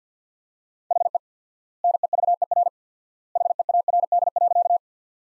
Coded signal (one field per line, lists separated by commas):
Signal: Morse code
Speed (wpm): 50 wpm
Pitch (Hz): 700 Hz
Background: none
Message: HE NEVER HEARD.